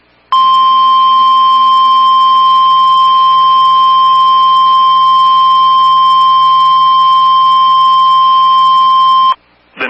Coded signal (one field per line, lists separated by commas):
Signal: Emergency Alert System (SAME) tones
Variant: 1050 Hz attention tone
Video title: Chaotic Hiatus Hellstorm... EAS Alerts from 5/25/20-6/3/20 (EAS #14-26)